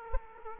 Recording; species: mosquito wingbeat signal from an infrared sensor; Aedes aegypti